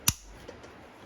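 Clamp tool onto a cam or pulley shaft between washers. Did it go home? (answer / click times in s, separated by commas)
yes / 0.1 s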